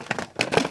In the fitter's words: here two clicks